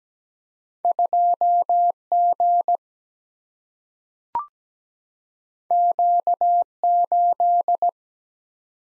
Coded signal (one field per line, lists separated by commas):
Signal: Morse code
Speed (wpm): 17 wpm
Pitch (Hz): 700 Hz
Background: none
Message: 2 G Q 8